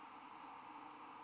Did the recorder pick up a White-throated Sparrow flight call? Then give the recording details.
no. No flight call is heard. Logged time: 05:42 on 15 December 2014